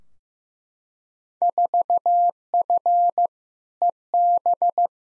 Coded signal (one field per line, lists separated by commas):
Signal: Morse code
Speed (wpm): 15 wpm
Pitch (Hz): 700 Hz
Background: none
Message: 4F EB